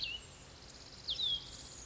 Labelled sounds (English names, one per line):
Cassin's Vireo